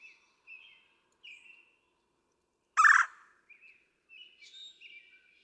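Red-bellied woodpecker giving a single loud, grating rolling churr midway, with soft, thin whistled notes before and after.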